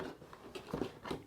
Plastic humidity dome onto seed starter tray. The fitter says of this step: and just snaps right in and that's it a perfect seed starting kit